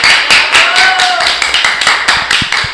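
Loud, steady applause of several hands clapping rapidly for a few seconds, with a brief high whistle-like tone rising through the middle of the clapping.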